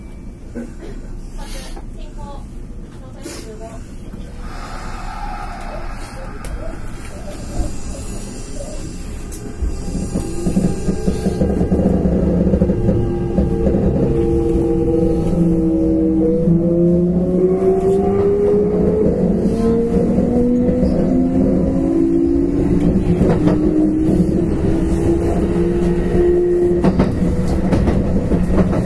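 An express train on the Nara Line runs with a steady low rumble and scattered clicks and knocks. From about eleven seconds a whining motor tone climbs in pitch in several glides as the train speeds up, and the sound grows louder and stays loud.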